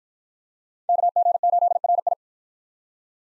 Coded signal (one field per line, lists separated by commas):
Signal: Morse code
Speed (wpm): 46 wpm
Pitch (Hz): 700 Hz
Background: none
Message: KG8RI